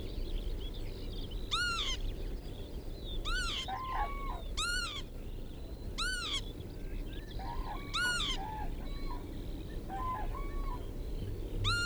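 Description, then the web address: Northern lapwing calling several times with harsh, slurred, arched notes, mixed with lower short notes. "vogelstimmen kiebitz karl-heinzfrommolt deutsches tierstimmenarchiv"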